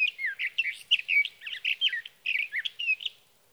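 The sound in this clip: Sage thrasher song: a fast run of warbled, slurred notes with a few brief pauses, lasting about three seconds.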